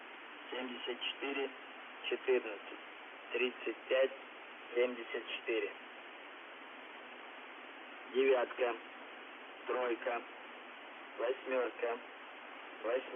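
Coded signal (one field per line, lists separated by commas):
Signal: numbers station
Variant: UVB-76, Russian voice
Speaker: what is he reciting a bunch of numbers and letters in Russian or what yeah this transmission is from this specific one is from December 24th 1997 it was the first recorded vocal transmission of the stop of the buzzer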